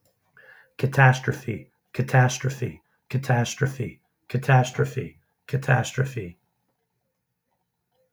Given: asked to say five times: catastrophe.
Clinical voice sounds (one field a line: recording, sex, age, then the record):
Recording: repeated word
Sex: male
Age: 50 to 59 years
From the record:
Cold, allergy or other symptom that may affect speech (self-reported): no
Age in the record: 55 years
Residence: New Jersey, United States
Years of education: 20